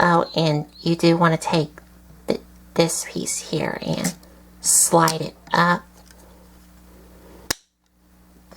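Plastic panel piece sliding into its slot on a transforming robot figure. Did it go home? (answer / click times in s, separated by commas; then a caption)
yes / 7.5 s. A plastic panel piece on a transforming robot figure is slid upward into its slot until it snaps into its locked position. Someone talks through the first six seconds, then a sharp click is heard at 7.5 s. The panel is seated in place.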